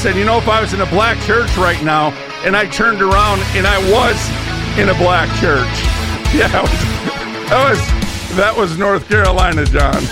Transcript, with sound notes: I said, "You know, if I was in a Black church right now," and I turned around, and I was in a Black church. (laughs) Yeah, that was, that was, that was North Carolina, John.